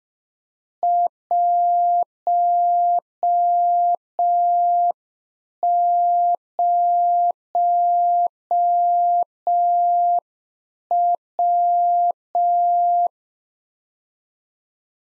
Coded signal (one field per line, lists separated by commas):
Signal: Morse code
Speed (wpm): 5 wpm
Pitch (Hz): 700 Hz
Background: none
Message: 10W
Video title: Practice QSO - Complete One-Sided - 5wpm